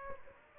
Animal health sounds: mosquito wingbeat signal from an infrared sensor; Aedes aegypti

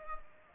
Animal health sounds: mosquito wingbeat signal from an infrared sensor; Culex pipiens

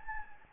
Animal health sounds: mosquito wingbeat signal from an infrared sensor; Anopheles gambiae

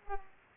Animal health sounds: mosquito wingbeat signal from an infrared sensor; Culex pipiens

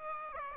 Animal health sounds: mosquito wingbeat signal from an infrared sensor; Aedes aegypti

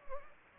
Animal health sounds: mosquito wingbeat signal from an infrared sensor; Anopheles gambiae

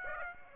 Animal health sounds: mosquito wingbeat signal from an infrared sensor; Aedes aegypti

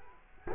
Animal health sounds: mosquito wingbeat signal from an infrared sensor; Culex quinquefasciatus

